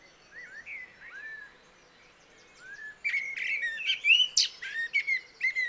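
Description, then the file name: Eurasian blackcap song, soft scratchy warbling at first, then a loud burst of fast, varied whistled and chattering notes. "Sylvia atricapilla"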